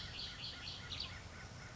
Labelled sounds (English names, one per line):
Red-winged Blackbird